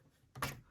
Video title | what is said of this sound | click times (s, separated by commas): - 2022 Boba Fett's Throne Room set Review - | can hear that click when you hear the click it is connected | 0.4 s